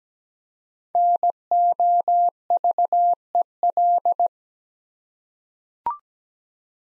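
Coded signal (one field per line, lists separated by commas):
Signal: Morse code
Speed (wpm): 17 wpm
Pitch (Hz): 700 Hz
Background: none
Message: NOVEL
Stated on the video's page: Morse code practice set of easy words with contextual hints at 17 wpm.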